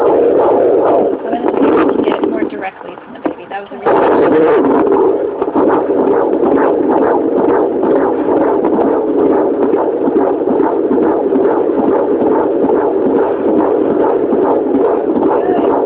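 Rapid, whooshing pulses repeat at roughly 170 a minute through muffled, band-limited Doppler noise, with a brief quieter dropout near the start. This is a fetal heartbeat at 25 weeks 3 days of pregnancy, picked up by a home Doppler monitor.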